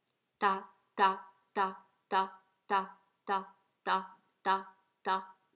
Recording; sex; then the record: repeated syllable /ta/; female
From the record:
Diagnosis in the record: healthy control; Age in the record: 61 years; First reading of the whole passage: 67 s, 7.7 characters per second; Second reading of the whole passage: 54 s, 9.6 characters per second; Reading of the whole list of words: 44 s, 6.4 characters per second